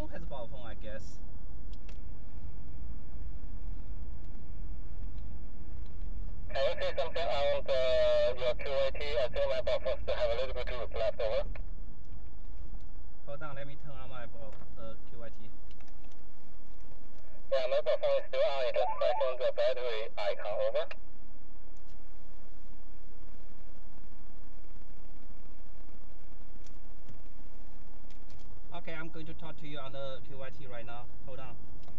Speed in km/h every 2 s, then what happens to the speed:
27, 31, 31, 31, 32, 26, 15, 11, 5, 2, 0, 0, 0, 0, 0, 8.
0-8 steady at about 31. 8-18 slows to 2. 18-29 standing. 29-32 pulls away to 8.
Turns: none.